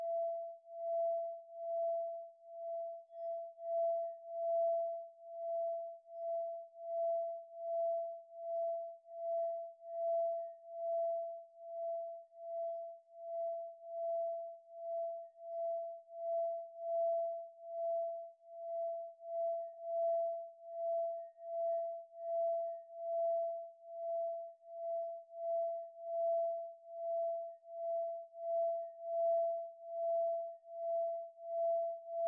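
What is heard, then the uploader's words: An antique Tibetan singing bowl rings with a single steady mid-pitched tone for the whole stretch, with faint higher overtones above it. The sound swells and fades in an even, rapid wobble, roughly two pulses each second, never dying away. 7 Chakra Continuous Meditation with 21 Antique Tibetan Singing Bowls.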